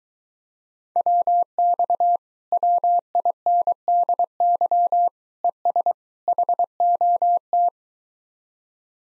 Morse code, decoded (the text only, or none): WX WINDY ES HOT